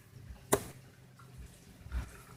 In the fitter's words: see not really actually I think it just sits on it because if you look closely that piece